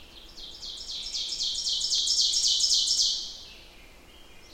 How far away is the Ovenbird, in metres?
about 15 m